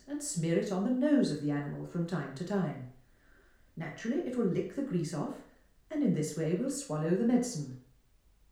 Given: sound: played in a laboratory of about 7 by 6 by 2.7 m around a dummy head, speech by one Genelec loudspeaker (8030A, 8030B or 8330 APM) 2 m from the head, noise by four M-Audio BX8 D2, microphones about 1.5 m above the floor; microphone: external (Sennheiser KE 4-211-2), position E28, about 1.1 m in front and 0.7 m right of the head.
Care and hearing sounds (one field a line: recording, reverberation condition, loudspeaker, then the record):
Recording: female speech in English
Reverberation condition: medium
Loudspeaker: 30 degrees to the left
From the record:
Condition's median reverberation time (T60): about 510 ms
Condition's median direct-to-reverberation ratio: about -0.5 dB